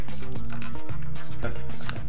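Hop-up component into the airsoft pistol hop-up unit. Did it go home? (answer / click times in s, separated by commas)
yes / 1.9 s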